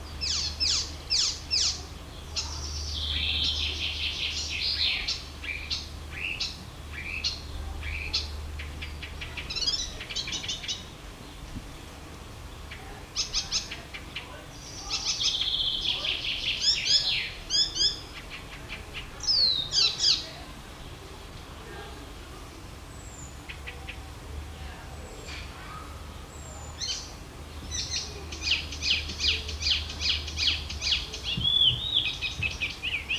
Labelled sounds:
Icterine Warbler (Hippolais icterina) song

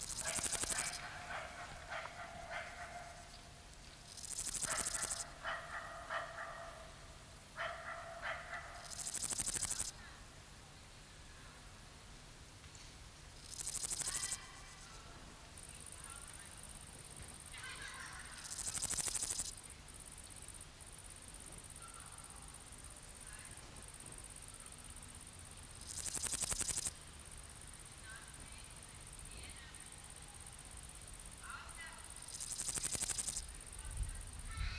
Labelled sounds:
Meadow Grasshopper (Chorthippus parallelus) stridulation

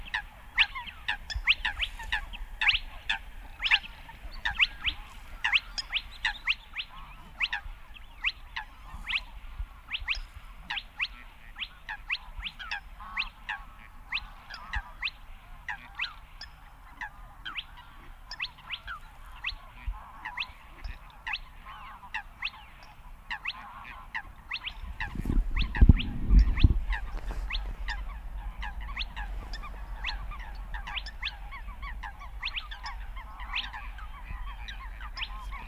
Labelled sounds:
Spotted Crake (Porzana porzana)

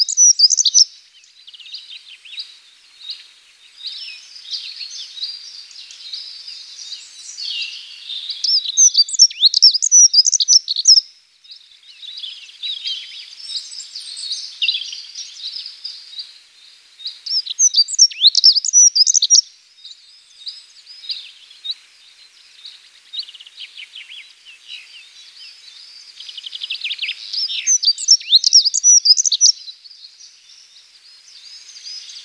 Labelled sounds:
Dunnock (Prunella modularis) song

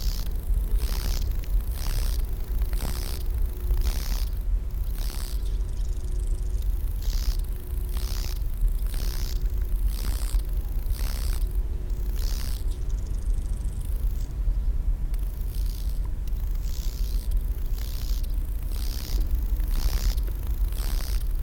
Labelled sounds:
Lesser Marsh Grasshopper (Chorthippus albomarginatus) stridulation

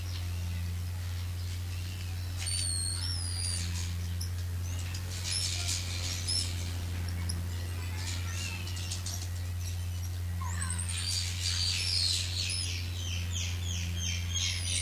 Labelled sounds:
Goeldi's Marmoset (Callimico goeldii) call

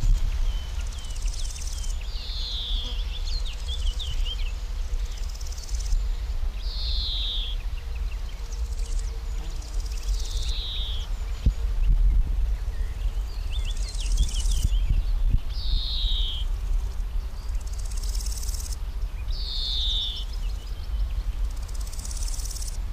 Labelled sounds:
Large Gold Grasshopper (Chrysochraon dispar) stridulation

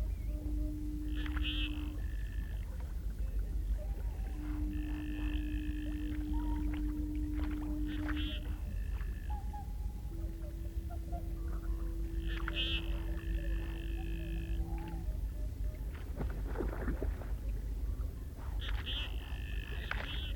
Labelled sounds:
Common Goldeneye (Bucephala clangula) call

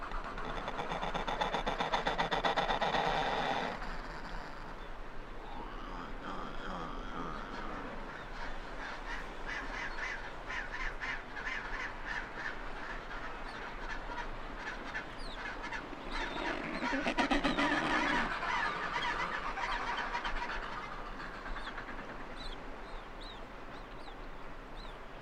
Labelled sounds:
Adelie Penguin (Pygoscelis adeliae) call

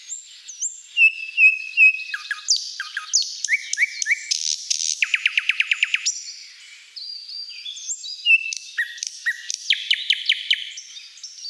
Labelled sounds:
Thrush Nightingale (Luscinia luscinia) song

